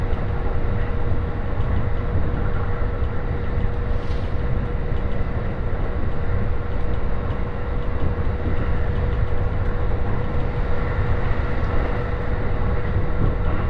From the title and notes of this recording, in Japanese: 耳で楽しむ鉄道旅 常磐線 勝田→石岡。